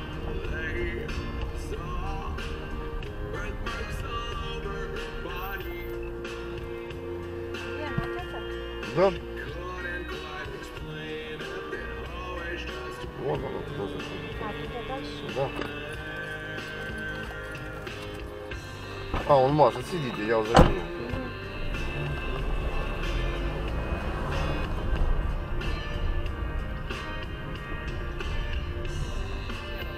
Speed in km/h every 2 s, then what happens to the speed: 13, 9, 2, 0, 3, 2, 2, 0, 1, 0, 0, 0, 16, 16, 12.
0-4 slows to 2. 4-22 standing. 22-24 pulls away to 16.